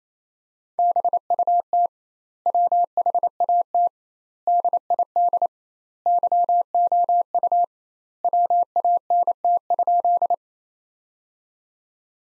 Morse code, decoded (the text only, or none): BUT WHAT DID YOU WANT?